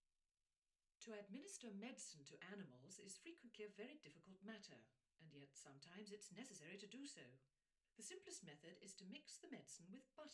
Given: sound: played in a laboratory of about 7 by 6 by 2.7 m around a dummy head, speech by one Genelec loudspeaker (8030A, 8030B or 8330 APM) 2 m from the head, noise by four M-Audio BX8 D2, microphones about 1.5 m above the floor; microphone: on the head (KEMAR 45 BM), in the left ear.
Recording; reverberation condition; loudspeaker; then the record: female speech in English; low; in front (0 degrees)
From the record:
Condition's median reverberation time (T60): about 310 ms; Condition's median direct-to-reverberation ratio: about 3.5 dB